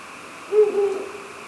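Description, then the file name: Ural owl giving a single low hoot that holds level and then trails off softly, with a faint hiss behind it. "fukuro"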